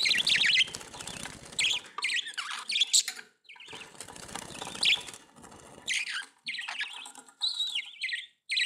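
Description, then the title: Budgerigar: parakeet-type chatter, loud scratchy squawks and warbling chirps over a rough, rustling background with brief breaks. "Budgie Sounds"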